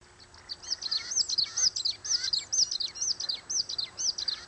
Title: LuckyPassaro Completos2Sama. Long-tailed Reed Finch (Donacospiza albifrons)